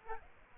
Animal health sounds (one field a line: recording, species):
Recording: mosquito wingbeat signal from an infrared sensor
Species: Aedes aegypti